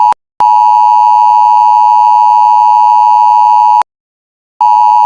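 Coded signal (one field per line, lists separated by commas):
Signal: Emergency Alert System (SAME) tones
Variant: 853 and 960 Hz attention tone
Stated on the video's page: Fictional EAS scenario, a remastered reupload of a fan-made fog alert with an added EAN alert and lockdown instructions.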